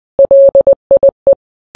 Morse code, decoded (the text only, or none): LIE